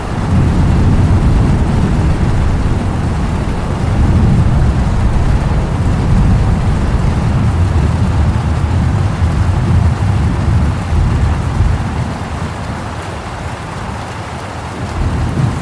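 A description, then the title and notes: A thunder and rainstorm with river water, a dense, steady low rumble and rushing roar that dips slightly near twelve seconds before swelling again. Thunder & Rainstorm with River Water Sounds.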